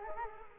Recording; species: mosquito wingbeat signal from an infrared sensor; Culex quinquefasciatus